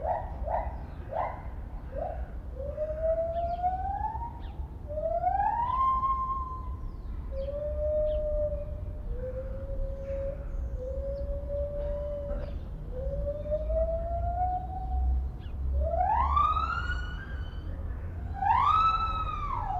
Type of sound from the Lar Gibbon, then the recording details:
call. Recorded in captivity. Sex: pair. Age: adult. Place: Zoo Berlin, Berlin, DE. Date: 1995-03-11 10:20. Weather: sonnig, 0 - 5 °C. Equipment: Sony WM-D6C, Sennheiser ME 80, Kopie Uher Variocord 263. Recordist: Tembrock, Günter